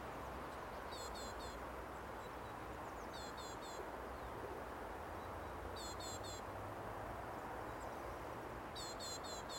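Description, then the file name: Great tit: short bursts of three or four high, bright notes, repeated every two to three seconds over steady low rumbling background noise. "Parus major"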